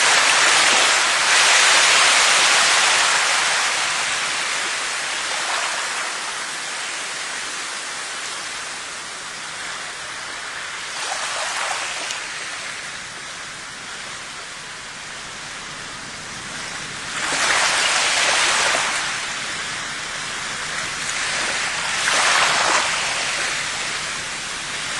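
Rain and the sea fill the clip with a steady hiss. Brighter surges of water swell and fade about every few seconds, strongest near the start and around 11, 17 and 22 seconds, over a soft, continuous low rumble.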